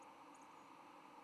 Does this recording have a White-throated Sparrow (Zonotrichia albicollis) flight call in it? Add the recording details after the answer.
yes. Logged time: 08:22 on 10 November 2014